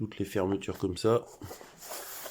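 Someone talks while handling the plastic side-release buckle on the waist belt of a scooter rain apron, with a quieter stretch of faint rustling after the speech. The buckle has not clipped shut yet, and nothing has seated.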